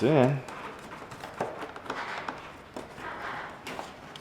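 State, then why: Not seated. A plastic fuel door cover on a 2013 Audi S5 is pressed again into the car body's fuel filler housing, giving a series of short, light knocks and taps from about 1.2 to 4.2 seconds while someone talks. The cover does not click in; nothing has seated yet.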